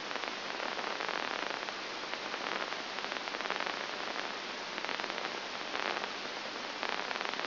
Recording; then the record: brain microelectrode recording played as sound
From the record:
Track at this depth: outside the subthalamic nucleus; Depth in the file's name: 0.705 mm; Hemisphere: left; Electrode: 2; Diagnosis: Parkinson's disease